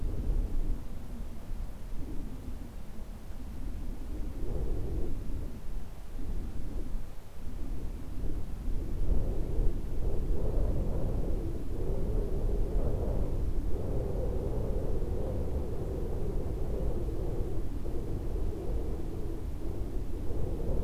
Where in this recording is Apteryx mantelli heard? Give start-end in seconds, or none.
none